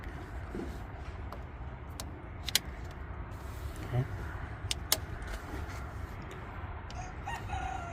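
A metal snap-ring style retaining clip is pressed onto a new radiator fill neck to hold it in the radiator of a 2007 Toyota Sienna. Sharp clicks ring out at 2.6 s and 4.9 s over a steady low background. The clip snaps into place and is seated.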